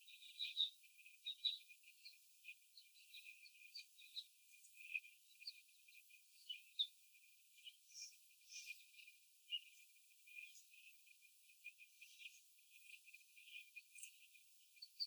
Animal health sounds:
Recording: young laying hens in a cage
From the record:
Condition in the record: before the stressor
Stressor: sudden umbrella opening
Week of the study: 3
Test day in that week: 2

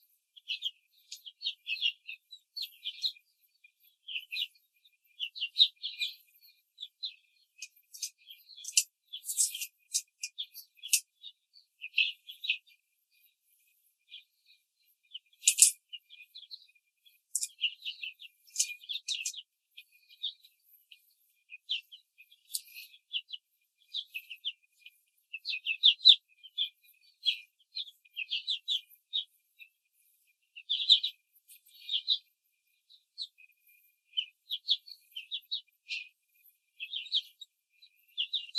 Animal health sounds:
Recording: young laying hens in a cage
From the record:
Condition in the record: control cage, before the stress test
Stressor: none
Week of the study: 4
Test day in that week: 1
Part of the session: 1

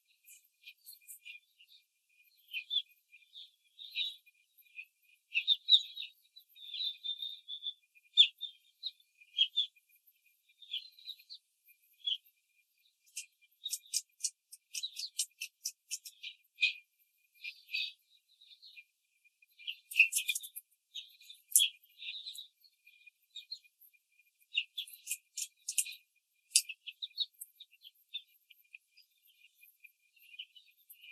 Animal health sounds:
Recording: young laying hens in a cage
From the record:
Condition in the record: control cage, before the stress test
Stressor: none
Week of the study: 4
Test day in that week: 3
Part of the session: 1

